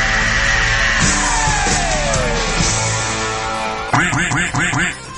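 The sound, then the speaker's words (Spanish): A shouted "yeah" sound effect played by the booth on request: loud, punchy voiced bursts repeated in quick succession near the end, after a busy, sustained stretch with a slowly falling pitched tone. “A ver, es más, ponle otro yeah, por favor, para que no se agüite.”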